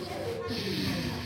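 A short, imitated snore from an adult: a low, rough, snorting rumble with breathy noise, lasting about one second, illustrating the little snore one may hear from a sleeping person.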